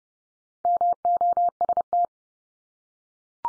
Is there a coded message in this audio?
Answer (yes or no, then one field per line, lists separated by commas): yes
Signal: Morse code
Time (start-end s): 0.7-2.1 s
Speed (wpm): 30 wpm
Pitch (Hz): 700 Hz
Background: none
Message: MOST